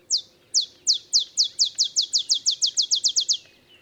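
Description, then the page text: Olive sparrow song: about fifteen sharp, high, downslurred chips, starting spaced and speeding up into a quick bouncing series before stopping. Simple songs likened to a field sparrow's bouncing ball song; early morning in Texas, 50 miles north of the Mexican border. "Olive sparrow. Recording early morning just 50 miles north of the Mexican border in Texas"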